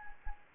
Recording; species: mosquito wingbeat signal from an infrared sensor; Anopheles arabiensis